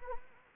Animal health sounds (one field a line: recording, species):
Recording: mosquito wingbeat signal from an infrared sensor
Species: Anopheles arabiensis